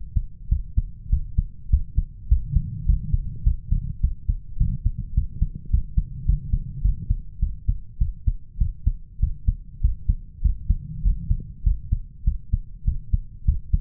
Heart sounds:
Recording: heart sounds by stethoscope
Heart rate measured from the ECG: 102 bpm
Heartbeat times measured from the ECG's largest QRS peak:
0.51 s: heartbeat
1.12 s: heartbeat
1.72 s: heartbeat
2.30 s: heartbeat
2.88 s: heartbeat
3.46 s: heartbeat
4.03 s: heartbeat
4.59 s: heartbeat
5.16 s: heartbeat
5.72 s: heartbeat
6.28 s: heartbeat
6.84 s: heartbeat
7.42 s: heartbeat
8.00 s: heartbeat
8.60 s: heartbeat
9.22 s: heartbeat
9.83 s: heartbeat
10.44 s: heartbeat
11.05 s: heartbeat
11.66 s: heartbeat
12.26 s: heartbeat
12.87 s: heartbeat
13.47 s: heartbeat
From the record:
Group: healthy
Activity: cold pressor test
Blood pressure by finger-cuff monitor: 140/87 mmHg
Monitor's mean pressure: 104 mmHg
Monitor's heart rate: 99 bpm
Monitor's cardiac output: 7.9 L/min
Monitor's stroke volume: 79 mL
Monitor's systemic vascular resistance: 980 dyn s/cm5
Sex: male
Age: 21 years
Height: 175 cm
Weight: 72.6 kg

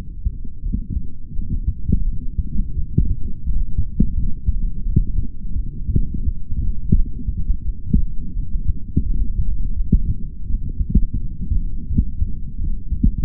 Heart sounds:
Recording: heart sounds by stethoscope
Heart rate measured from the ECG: 85 bpm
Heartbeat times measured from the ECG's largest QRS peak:
0.62 s: heartbeat
1.33 s: heartbeat
2.04 s: heartbeat
2.75 s: heartbeat
3.44 s: heartbeat
4.14 s: heartbeat
4.84 s: heartbeat
5.54 s: heartbeat
6.24 s: heartbeat
6.94 s: heartbeat
7.64 s: heartbeat
8.34 s: heartbeat
9.04 s: heartbeat
9.75 s: heartbeat
10.45 s: heartbeat
11.17 s: heartbeat
11.87 s: heartbeat
12.58 s: heartbeat
From the record:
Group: healthy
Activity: light exercise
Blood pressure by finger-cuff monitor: 117/67 mmHg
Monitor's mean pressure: 82 mmHg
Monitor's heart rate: 86 bpm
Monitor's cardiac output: 4.6 L/min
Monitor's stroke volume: 54 mL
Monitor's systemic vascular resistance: 1240 dyn s/cm5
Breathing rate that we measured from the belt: 20 breaths a minute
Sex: male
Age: 55 years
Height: 167 cm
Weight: 57.2 kg

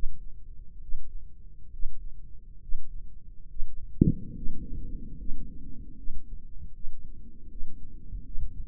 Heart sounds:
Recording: heart sounds by microphone in the right ear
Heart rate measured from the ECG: 73 bpm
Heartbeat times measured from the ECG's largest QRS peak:
0.79 s: heartbeat
1.70 s: heartbeat
2.59 s: heartbeat
3.47 s: heartbeat
4.33 s: heartbeat
5.17 s: heartbeat
5.96 s: heartbeat
6.73 s: heartbeat
7.48 s: heartbeat
8.23 s: heartbeat
From the record:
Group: healthy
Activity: breath hold 0-5 s, rest 5-9 s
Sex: female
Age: 22 years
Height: 163 cm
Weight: 67.1 kg

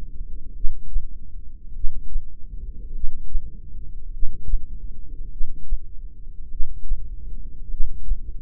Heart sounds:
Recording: heart sounds by microphone in the left ear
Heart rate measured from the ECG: 50 bpm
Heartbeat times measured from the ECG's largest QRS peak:
0.56 s: heartbeat
1.75 s: heartbeat
2.95 s: heartbeat
4.13 s: heartbeat
5.32 s: heartbeat
6.51 s: heartbeat
7.71 s: heartbeat
From the record:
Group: heart failure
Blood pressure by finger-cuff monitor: 113/64 mmHg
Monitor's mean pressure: 80 mmHg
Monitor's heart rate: 51 bpm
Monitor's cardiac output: 4.4 L/min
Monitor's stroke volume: 87 mL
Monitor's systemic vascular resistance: 1320 dyn s/cm5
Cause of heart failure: cardiac sarcoid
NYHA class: 1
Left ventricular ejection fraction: 39%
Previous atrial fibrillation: present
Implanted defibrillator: present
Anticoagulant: apixaban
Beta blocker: carvedilol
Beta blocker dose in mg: 50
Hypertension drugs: ramipril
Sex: male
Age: 79 years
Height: 184 cm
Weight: 92.5 kg

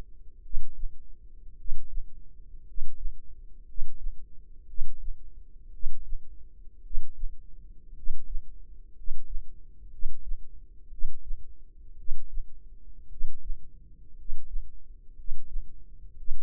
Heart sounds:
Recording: heart sounds by microphone in the left ear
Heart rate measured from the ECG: 57 bpm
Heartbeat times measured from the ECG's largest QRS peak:
0.41 s: heartbeat
1.55 s: heartbeat
2.63 s: heartbeat
3.64 s: heartbeat
4.65 s: heartbeat
5.70 s: heartbeat
6.81 s: heartbeat
7.93 s: heartbeat
8.93 s: heartbeat
9.89 s: heartbeat
10.88 s: heartbeat
11.95 s: heartbeat
13.07 s: heartbeat
14.14 s: heartbeat
15.14 s: heartbeat
16.15 s: heartbeat
From the record:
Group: healthy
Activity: rest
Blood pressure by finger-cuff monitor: 98/49 mmHg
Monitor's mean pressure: 61 mmHg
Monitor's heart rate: 57 bpm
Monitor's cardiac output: 5 L/min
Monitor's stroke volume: 88 mL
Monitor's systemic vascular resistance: 850 dyn s/cm5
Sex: male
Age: 25 years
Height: 170 cm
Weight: 70.4 kg

